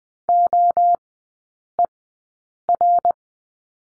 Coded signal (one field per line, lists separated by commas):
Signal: Morse code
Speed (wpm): 20 wpm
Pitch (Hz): 700 Hz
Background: none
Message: OER